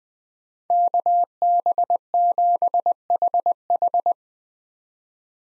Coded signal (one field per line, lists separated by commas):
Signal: Morse code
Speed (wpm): 20 wpm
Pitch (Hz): 700 Hz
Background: none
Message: KB7HH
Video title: 2023 SOTA Chaser Call Signs - 20wpm